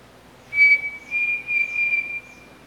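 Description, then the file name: Pavonine Cuckoo song, a brief bright whistle followed by a drawn-out quavering whistle at about the same pitch. "canto do peixe frito pavonino"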